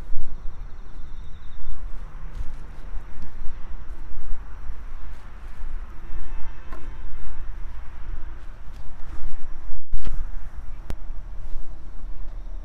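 Garlic being planted on an autumn evening: steady outdoor murmur with faint insects and birds, scattered soft scraping and tapping, a clack near ten seconds.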